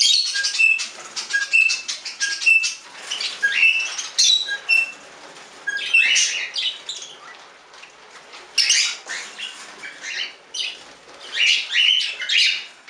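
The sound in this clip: Budgerigar chatter, rapid clicking and scratchy chirps mixed with short squeaky whistles, in irregular bursts throughout.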